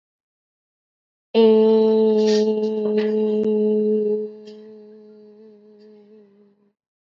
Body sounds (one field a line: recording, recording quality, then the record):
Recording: sustained vowel as in made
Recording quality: excellent, no background noise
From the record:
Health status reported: healthy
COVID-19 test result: negative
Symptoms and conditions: none ticked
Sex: female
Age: 19 years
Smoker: not ticked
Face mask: not worn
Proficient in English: yes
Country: India